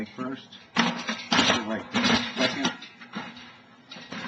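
A leg is fitted into an appliance base during reassembly, with the first leg on and the second going in. Someone talks over brief handling knocks and rustling. The leg has not locked into place yet; nothing has seated or clicked.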